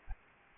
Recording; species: mosquito wingbeat signal from an infrared sensor; Aedes aegypti